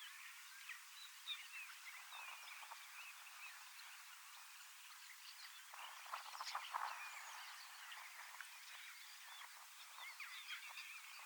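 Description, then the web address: Common starling flock chatter, steady and dense, swelling briefly louder about halfway through with a burst of harsher, rattling notes. Large flock of young birds practising song in preparation for next spring; recorded 25 August 2026 in Finland. "paivat 25 8 2026 iso kottaraisten nuorisoparvi valmistautuu ensi kevaaseen lauluharjoittelemalla"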